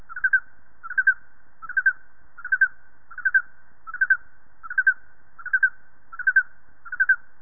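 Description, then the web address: Tropical house cricket chirping, a short pulsed trill near mid pitch repeated steadily about every three quarters of a second, ten chirps in a row over a quiet background. "crickets gsigilla"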